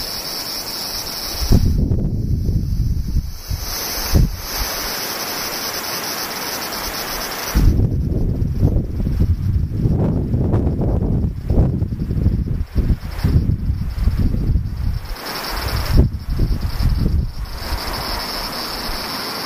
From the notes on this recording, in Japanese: セミ風音